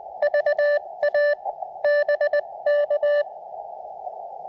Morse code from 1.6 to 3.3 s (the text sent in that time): BK